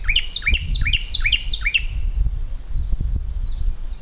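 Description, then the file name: Common nightingale song: a series of loud, looping whistled notes repeated quickly, then softer short sharp notes trailing off, with low rumbling noise beneath. "Luscinia megarhynchos"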